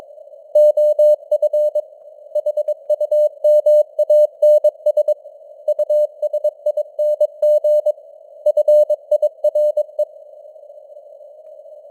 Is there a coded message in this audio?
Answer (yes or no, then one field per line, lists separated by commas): yes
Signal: Morse code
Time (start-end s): 0.6-10.0 s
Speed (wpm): 22 wpm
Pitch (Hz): 600 Hz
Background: none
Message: OF HUMANS USING FIRE